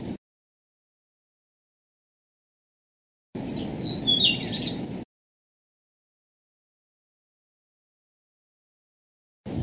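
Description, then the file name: Blue-throated flycatcher singing one brief phrase of high, clear whistles that slide downward, then a rushing flourish. "kicau sikatan blue throated. omkicau"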